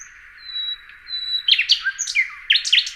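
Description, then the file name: Common nightingale singing, with long thin whistled notes followed by fast, varied phrases of sharp chirps and downward-slurred notes. "Luscinia megarhynchos"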